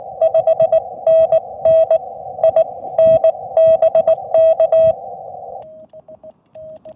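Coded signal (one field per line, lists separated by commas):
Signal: Morse code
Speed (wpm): 19 wpm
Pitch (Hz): 650 Hz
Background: none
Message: 5NN I NBK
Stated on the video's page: QRP POTA CW activation using paddles and a Chameleon TDL antenna; radios include FX-4CR and Xiegu 6200.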